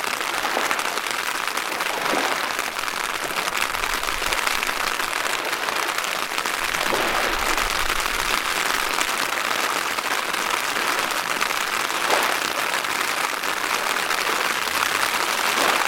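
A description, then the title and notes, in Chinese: Cool rain falls over a wide river, a dense, steady hiss with a bright crackling patter much like applause. The wash swells gently every few seconds, near the two-, seven- and twelve-second marks, over a faint low rumble of moving water. 江河涌涌·北镜凌雨。如此大江已有了海的声形，糁入嫩凉的晨中清凉的雨。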